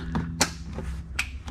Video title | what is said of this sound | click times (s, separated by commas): How to install fender flares on a 2023 Hyundai Santa Cruz | there was a good click there's a good click | 0.4 s, 1.2 s